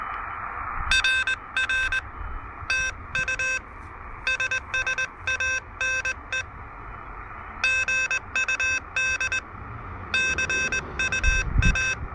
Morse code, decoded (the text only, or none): RR TU SSANE GUD CUA